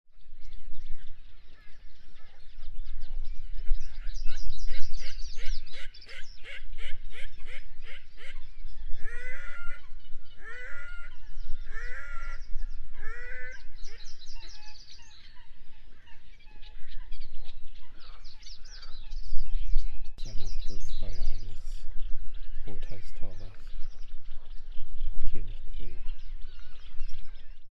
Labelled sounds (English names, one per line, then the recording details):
Red-necked Grebe call
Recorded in the wild
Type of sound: call sequence
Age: adult
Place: Kützerhof, Kummerower See, Mecklenburg-Vorpommern, DE
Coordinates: 53.8531, 12.8686
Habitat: wetland
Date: 2010-06-22
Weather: heiter, 8°C, schwacher Wind
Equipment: Sound Devices 702, Rode NT1-A Stereopaar
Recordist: Frommolt, Karl-Heinz
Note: Straße vom Kützerhof nach Aalbude, Polder Große Rosin: Rufreihe eines Rothalstauchers. Tier nicht gesehen